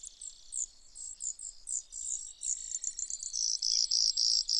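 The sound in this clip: Brewer's sparrow song: spaced high chips, then a faster run of notes ending in loud repeated notes.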